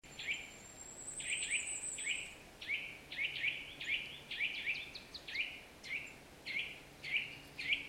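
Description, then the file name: Eurasian nuthatch giving a run of short, sharp piping notes, with a high thin song from another bird near the start. "Sitta europaea"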